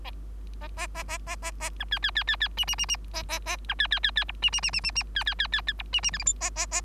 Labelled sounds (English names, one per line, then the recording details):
Bengalese Finch song
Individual Bird3